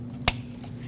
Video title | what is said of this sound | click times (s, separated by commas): How to Replace Spark Plugs 2006-2015 Lexus IS250 | Plug this in, make sure it clicks. | 0.3 s